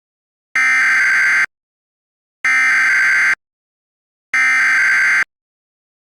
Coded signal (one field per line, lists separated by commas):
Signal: Emergency Alert System (SAME) tones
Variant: header bursts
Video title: EAS Scenario 6: Kameron EXE